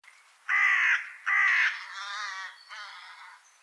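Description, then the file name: Carrion crow calling with two loud, harsh caws followed by two weaker, rasping caws. "Corvus corone"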